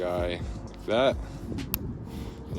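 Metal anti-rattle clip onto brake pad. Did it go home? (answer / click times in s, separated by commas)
yes / 1.7 s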